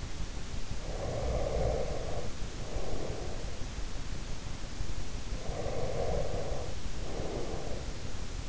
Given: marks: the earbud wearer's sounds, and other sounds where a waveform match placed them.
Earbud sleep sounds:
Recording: sounds in sleep by an in-ear microphone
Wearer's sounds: breath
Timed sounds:
0.33-3.87 s: breath
5.40-8.49 s: breath

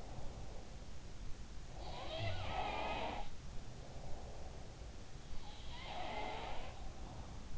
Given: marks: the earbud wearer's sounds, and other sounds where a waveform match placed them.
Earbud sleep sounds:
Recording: sounds in sleep by an in-ear microphone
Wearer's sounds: breath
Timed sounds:
0.00-0.89 s: sound from someone else or the room
1.67-4.79 s: sound from someone else or the room
3.56-4.79 s: breath
5.28-7.58 s: sound from someone else or the room

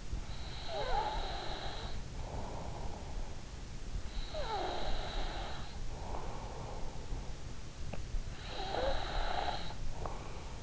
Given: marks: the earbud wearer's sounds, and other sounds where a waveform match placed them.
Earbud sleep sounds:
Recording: sounds in sleep by an in-ear microphone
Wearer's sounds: breath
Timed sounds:
0.00-6.11 s: breath
7.71-10.63 s: breath

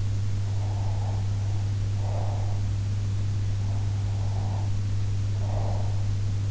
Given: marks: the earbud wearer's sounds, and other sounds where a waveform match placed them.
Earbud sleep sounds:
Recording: sounds in sleep by an in-ear microphone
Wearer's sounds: breath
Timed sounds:
0.50-2.87 s: breath
3.98-6.27 s: breath

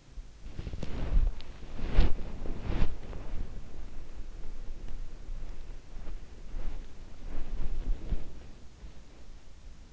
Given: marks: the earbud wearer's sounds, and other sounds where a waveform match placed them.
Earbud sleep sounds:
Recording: sounds in sleep by an in-ear microphone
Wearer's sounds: body movement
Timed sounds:
0.00-9.08 s: body movement

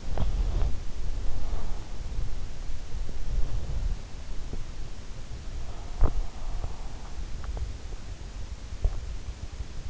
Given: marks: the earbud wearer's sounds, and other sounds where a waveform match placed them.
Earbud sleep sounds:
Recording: sounds in sleep by an in-ear microphone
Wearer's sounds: teeth grinding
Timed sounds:
0.00-2.10 s: teeth grinding
5.71-6.64 s: teeth grinding

